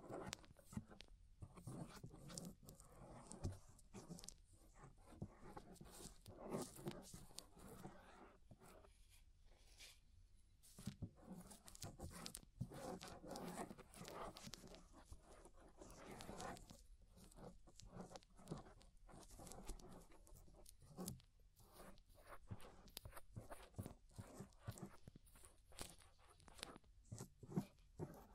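Ear scraping with a dense, irregular stream of short scratchy strokes and crackles running throughout. The loudness stays fairly even, with brief quieter pauses around 9–10 and 17 seconds, and some strokes sound duller and lower while others are brighter and sharper.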